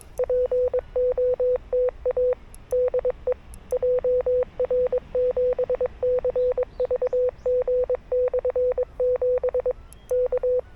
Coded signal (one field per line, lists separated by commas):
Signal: Morse code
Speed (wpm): 22 wpm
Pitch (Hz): 500 Hz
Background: none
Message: POTA DE JR7CVG/7 K